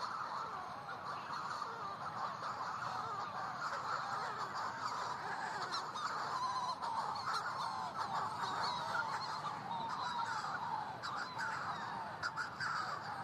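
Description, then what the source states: Manx Shearwaters giving cackling flight calls, several overlapping in a continuous chorus. Calling in flight, unseen, over the Skelligs in darkness; described as a witch-like cackling; awaited by a partner incubating a single egg in a burrow, possibly days without a meal.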